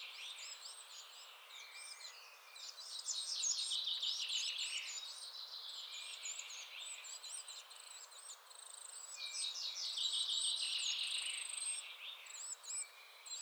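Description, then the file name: Coal tit chattering, a dense stream of high thin hooked notes over buzzy rattling phrases, in bursts, with a faint hiss behind. Chattering (bavarde) calls. "MESANGE NOIRE BAVARDE"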